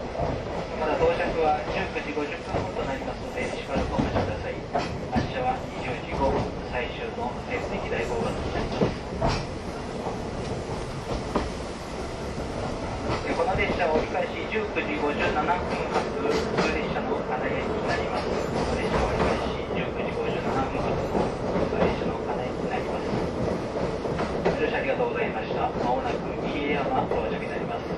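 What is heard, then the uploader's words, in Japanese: Ride noise from an old-style passenger coach on a local train hauled by an electric locomotive. A steady low rumble and rattle fill the whole clip, with rhythmic clunks of wheels over rail joints and voices murmuring throughout, growing slightly louder after the midpoint. 大鐵E10形+旧型客車 大井川本線普通。往年の普通＂客車列車＂の列車走行音。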